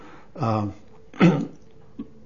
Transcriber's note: clears throat